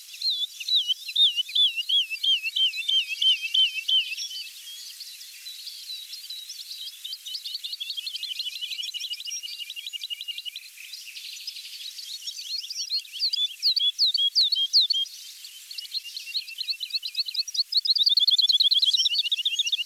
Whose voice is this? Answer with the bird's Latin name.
Lullula arborea